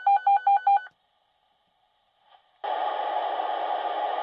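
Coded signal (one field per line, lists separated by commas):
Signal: pager alert tone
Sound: fast high-low warbling alert beeps for under a second, pause, then steady radio hiss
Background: radio static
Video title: Fire Department Dispatch Pager - Sound effect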